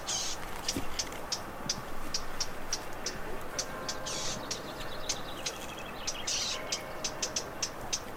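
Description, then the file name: Eurasian blackcap hard tacking calls, sharp dry clicks repeated irregularly over about eight seconds, with a steady low rumble of traffic underneath. "Sylvia atricapilla"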